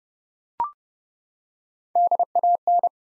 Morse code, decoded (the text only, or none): DAN